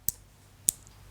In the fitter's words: click in with a security flap